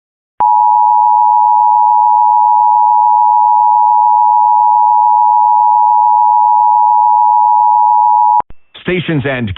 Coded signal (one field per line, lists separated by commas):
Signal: Emergency Alert System (SAME) tones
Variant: 853 and 960 Hz attention tone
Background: speech